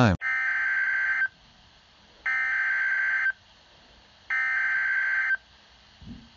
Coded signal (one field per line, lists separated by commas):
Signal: Emergency Alert System (SAME) tones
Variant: header bursts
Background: speech